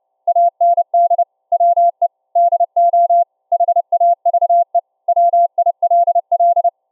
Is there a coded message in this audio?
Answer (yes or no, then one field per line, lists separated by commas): yes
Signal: Morse code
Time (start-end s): 0.3-6.7 s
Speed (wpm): 31 wpm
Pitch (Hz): 690 Hz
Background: none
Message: AND WE DO HAVE WILL